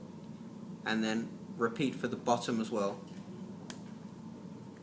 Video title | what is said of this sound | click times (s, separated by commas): Changing the connector pole for your helicopter | once that's clicked into place that should connect the pole replaced | 3.7 s